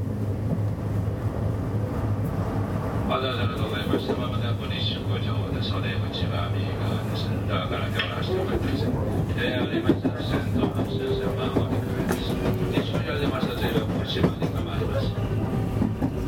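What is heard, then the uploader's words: A 223 series train on the Osaka Loop Line runs with a steady, dense low rumble and a constant deep hum. From about three seconds, a bright whine and speech-like sounds ride over the rumble, briefly thinning out around nine seconds. JR西日本223系 環状線外回り 関空・紀州路快速 天王寺から大阪まで. 西日本旅客鉄道（JR西日本）223系電車の走行音です。 大阪環状線の外回り、関空・紀州路快速で録音しました。 Running sound of a 223 series train. Osaka Loop Line 's Outer Rapid Train.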